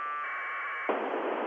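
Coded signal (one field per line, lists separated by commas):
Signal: packet radio (AX.25, as in APRS)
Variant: 1200 baud AFSK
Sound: brief harsh warbling data burst between two tones, then open radio hiss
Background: radio static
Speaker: and then another packet coming up here. Hopefully you can still hear me. Here comes a packet. There it is. So this was what it sounds like, APRS packets coming over the air.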